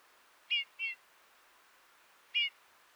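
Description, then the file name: Eurasian bullfinch giving short, soft piping calls, two close together and a third after a pause, over faint steady background hiss. "Pyrrhula pyrrhula"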